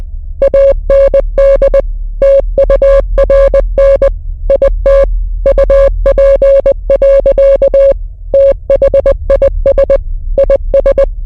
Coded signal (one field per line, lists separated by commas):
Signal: Morse code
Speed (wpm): 20 wpm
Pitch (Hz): 550 Hz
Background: music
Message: AND TURN IT UP. THIS IS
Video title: The Time We Drank Ipecac at Ipecac Records or Learn Your Name In Morse Code (part 1 of 4)